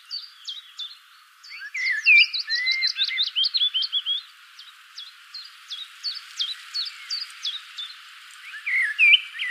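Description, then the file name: Common blackbird song: a quiet start, then a burst of fluty warbled notes with squeaky high twitters from about 1.5 to 4.5 seconds, fainter chirps after, another short phrase near the end. "Turdus merula"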